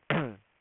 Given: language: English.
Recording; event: throat vibration sensor signal played as sound; throat clearing